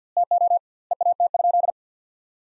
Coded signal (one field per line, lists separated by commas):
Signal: Morse code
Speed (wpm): 50 wpm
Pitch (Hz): 700 Hz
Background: none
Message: TO EAT?